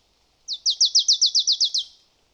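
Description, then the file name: Marsh tit: one quick burst of about ten sharp, high, downslurred notes lasting just over a second, otherwise quiet. "Poecile palustris"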